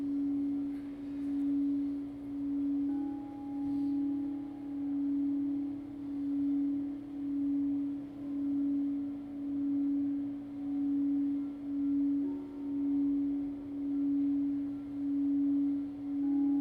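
Crystal bowls ring with a steady, sustained low-middle tone that swells and fades in slow, even pulses about every second and a half. Fainter higher tones enter and drop away over the drone, with a soft low rumble underneath throughout.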